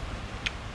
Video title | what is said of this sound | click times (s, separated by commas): Ruger SR40 Field Strip & Clean. (SR40, SR40C, SR9, SR9C) | ten in the hole push it till it clicks in and | 0.5 s